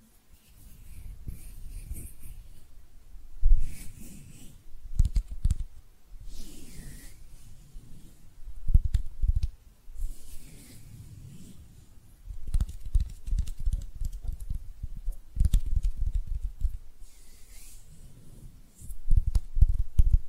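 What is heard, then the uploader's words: Hands rub and brush against each other in repeated strokes, soft whooshing swells with a bright hiss that come every couple of seconds. Between them sit low thumps and quick taps, a few sharper ones near 3.5, 5 and 15 seconds, with brief quiet gaps. ASMR Relaxing Hand Sounds (No Talking).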